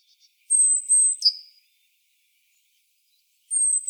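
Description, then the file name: Great tit: a piercing high whistle dropping to a shorter lower note, then after a pause the high whistle starts again. "Parus major"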